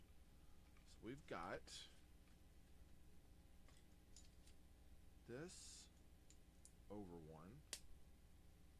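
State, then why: Seated. A plastic building brick is pressed down onto a brick model, placed over one, while someone talks. Two short, sharp ticks are heard at 6.3 and 6.65 seconds as the brick snaps into place and seats.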